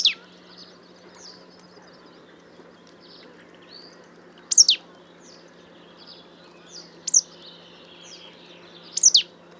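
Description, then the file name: Marsh tit calling with a few loud, abrupt high notes, often doubled, between quieter stretches, with faint twittering and a low steady hum. "Poecile palustris"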